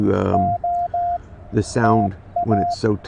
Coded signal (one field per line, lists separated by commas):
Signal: Morse code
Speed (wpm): 17 wpm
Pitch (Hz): 690 Hz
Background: speech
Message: OTA